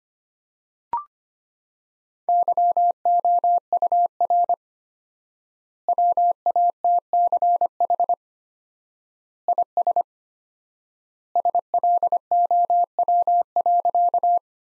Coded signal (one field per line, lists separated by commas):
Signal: Morse code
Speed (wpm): 25 wpm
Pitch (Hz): 700 Hz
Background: none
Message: YOUR WATCH IS SLOW.